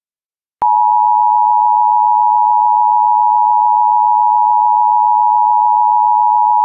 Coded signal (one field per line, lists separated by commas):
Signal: Emergency Alert System (SAME) tones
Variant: 853 and 960 Hz attention tone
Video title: EAS Child Abduction Emergency (Missouri AMBER Alert) and Cancelation Message